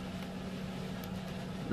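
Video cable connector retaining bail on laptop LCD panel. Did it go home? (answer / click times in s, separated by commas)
no / none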